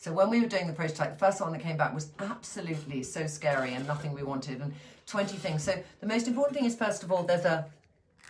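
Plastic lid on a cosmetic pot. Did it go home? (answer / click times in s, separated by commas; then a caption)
no / none. A plastic lid on a small makeup pot is being handled as it is about to be clipped shut to make the pot airtight, but nothing has seated or clicked yet. Throughout the clip someone talks continuously, ending with a brief faint sound at 8.3 seconds after a short pause.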